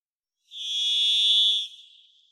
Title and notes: Varied Thrush, Ixoreus naevius, song, parabolic single-species recording, processed for clarity, natural pace and rhthym maintained Recorded in the beautiful Pacific Northwest, Washington, United States